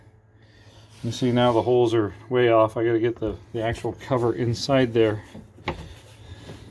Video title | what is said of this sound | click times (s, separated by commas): 2011 LR4 rear parking sensor replacement | can see it kind of moving around in place get it inside there further snapped into place we get those in okay | 5.7 s